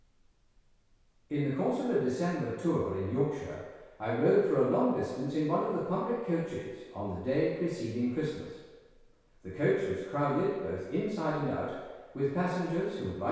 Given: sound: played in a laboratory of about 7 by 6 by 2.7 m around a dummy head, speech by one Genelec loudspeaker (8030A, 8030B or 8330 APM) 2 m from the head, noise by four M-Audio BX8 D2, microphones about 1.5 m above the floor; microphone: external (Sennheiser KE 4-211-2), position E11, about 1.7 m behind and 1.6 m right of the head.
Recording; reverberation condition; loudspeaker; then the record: male speech in English; high; 90 degrees to the right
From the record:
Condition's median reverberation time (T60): about 1300 ms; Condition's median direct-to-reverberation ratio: about -4.0 dB